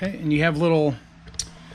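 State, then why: Released. Someone talks for the first second, then a front trim cover on a Jeep JK grille is grabbed with two hands and pulled outward. A single sharp click sounds at 1.4 s as its plastic side clip lets go and releases.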